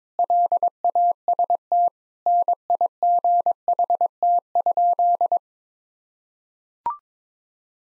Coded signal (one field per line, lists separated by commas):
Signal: Morse code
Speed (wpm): 22 wpm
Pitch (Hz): 700 Hz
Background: none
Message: LAST NIGHT?